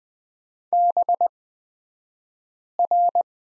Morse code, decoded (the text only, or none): BR